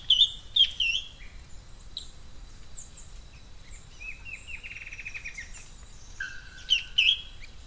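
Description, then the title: Bird song: sharp high chirps at the start and end, with a fast buzzy trill in the middle and scattered thin whistles over faint background noise. "LuckyPassaro Completos2Sama"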